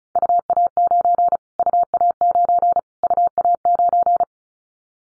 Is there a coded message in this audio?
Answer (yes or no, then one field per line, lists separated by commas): yes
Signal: Morse code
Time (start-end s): 0.2-4.2 s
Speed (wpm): 34 wpm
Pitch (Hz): 700 Hz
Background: none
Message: UA9 UA9 UA9